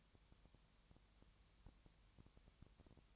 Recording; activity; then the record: daily activity, microphone in the room; no activity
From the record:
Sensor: 3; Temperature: 20.6 degrees Celsius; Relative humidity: 34.7%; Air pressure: 1007.2 hPa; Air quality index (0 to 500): 137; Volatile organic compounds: 3 ppm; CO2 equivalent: 1527 ppm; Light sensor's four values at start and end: 2/3/2/2 and 2/3/2/2